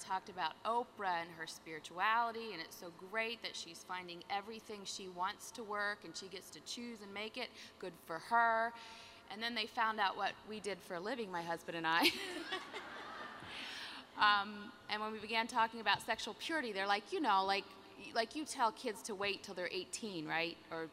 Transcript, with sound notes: We talked about Oprah and her spirituality, and it’s so great that she’s finding everything she wants to work and she gets to choose and make it, “Good for her.” Then they found out what we do for a living, my husband and I. (laughter) When we began talking about sexual purity, they were like, “You tell kids to wait until they’re 18, right?